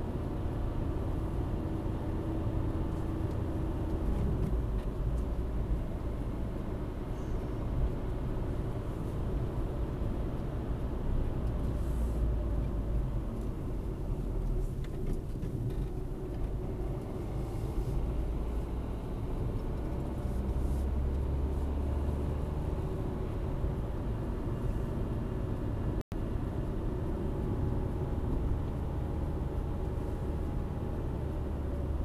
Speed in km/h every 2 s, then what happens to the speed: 61, 61, 63, 68, 67, 57, 45, 41, 43, 47, 51, 53, 59, 57, 57, 56.
0-8 speeds up to 67. 8-13 brakes to 41. 13-23 speeds up to 59.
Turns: none.